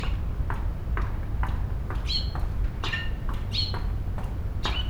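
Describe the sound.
Bird giving short sharp squawking notes with a few higher chirps, irregularly spaced, against a heavy continuous low-pitched rumble.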